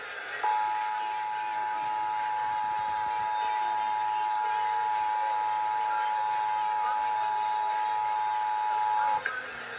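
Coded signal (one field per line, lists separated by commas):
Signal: Emergency Alert System (SAME) tones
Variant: 853 and 960 Hz attention tone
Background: speech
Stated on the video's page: Real required monthly test received off air on an FM station with the recorder's radios; contains valid tones.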